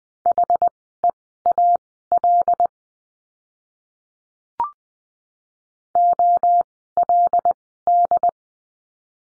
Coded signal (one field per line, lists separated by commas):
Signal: Morse code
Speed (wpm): 20 wpm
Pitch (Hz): 700 Hz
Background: none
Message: HEAL OLD